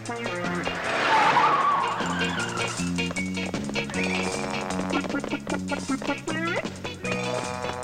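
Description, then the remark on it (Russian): Near the start a passenger car drives out of an archway, its tires skidding in a brief, high, wavering screech, set against busy, rhythmic orchestral music that keeps playing steadily to the end. “Навстречу крысу из арки выезжает легковая машина.”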